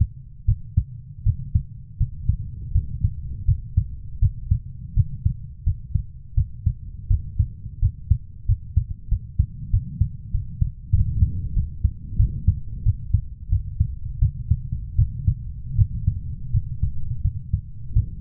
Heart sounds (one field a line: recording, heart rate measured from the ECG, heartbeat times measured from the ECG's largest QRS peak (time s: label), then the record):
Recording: heart sounds by stethoscope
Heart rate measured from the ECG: 86 bpm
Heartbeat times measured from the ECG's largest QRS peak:
0.46 s: heartbeat
1.24 s: heartbeat
1.98 s: heartbeat
2.72 s: heartbeat
3.46 s: heartbeat
4.20 s: heartbeat
4.94 s: heartbeat
5.64 s: heartbeat
6.35 s: heartbeat
7.08 s: heartbeat
7.80 s: heartbeat
8.46 s: heartbeat
9.09 s: heartbeat
9.71 s: heartbeat
10.32 s: heartbeat
10.92 s: heartbeat
11.54 s: heartbeat
12.17 s: heartbeat
12.83 s: heartbeat
13.49 s: heartbeat
14.19 s: heartbeat
14.96 s: heartbeat
15.76 s: heartbeat
16.51 s: heartbeat
17.22 s: heartbeat
17.93 s: heartbeat
From the record:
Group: healthy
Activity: cold pressor test 0-3 s, rest 3-18 s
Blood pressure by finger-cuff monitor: 119/72 mmHg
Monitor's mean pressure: 92 mmHg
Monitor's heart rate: 83 bpm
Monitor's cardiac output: 7.4 L/min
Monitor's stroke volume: 86 mL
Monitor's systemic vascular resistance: 930 dyn s/cm5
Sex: female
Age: 24 years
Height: 163 cm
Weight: 55.7 kg